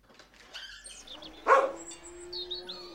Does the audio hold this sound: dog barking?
yes